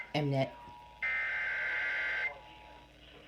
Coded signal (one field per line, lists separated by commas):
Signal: Emergency Alert System (SAME) tones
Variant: header bursts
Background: speech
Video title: Severe Thunderstorm Warning On WXL40, WNNK, WQXA And WWKL 7/11/21 (EAS #738-741)